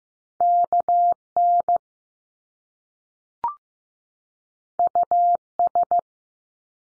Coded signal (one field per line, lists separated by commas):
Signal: Morse code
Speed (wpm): 15 wpm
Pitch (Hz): 700 Hz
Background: none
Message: K N U S